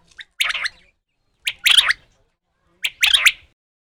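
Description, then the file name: Quail uttering three harsh, chirpy bursts, each a short cluster of scratchy notes, spaced a little over a second apart with silence between. "Digiffects Sound Effects Library - Quail Bird Chirping"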